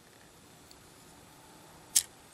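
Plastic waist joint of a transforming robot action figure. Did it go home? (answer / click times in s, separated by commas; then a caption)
yes / 2.0 s. The plastic waist section of a transforming robot action figure is rotated 180 degrees until it settles into its rest position. After a faint tick at 0.7 s, the joint thumps into place with a short, sharp, bright sound at 2.0 s rather than a distinct click. The waist is seated.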